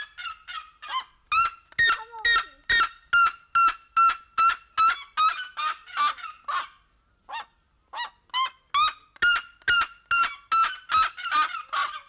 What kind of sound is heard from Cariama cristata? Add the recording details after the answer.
call. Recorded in captivity. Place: Zoo Berlin, Berlin, DE. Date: 1992-08-01 11:50. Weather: sonnig, 24-26°C. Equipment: Marantz CP 430, Sennheiser ME 80, Kopie Tesla B 116. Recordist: Tembrock, Günter